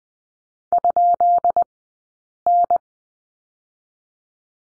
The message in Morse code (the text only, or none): ?N